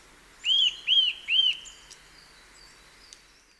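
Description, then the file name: Eurasian nuthatch giving three strong, curved whistled calls in quick succession, then quiet with only faint chirps. "Sitta europaea"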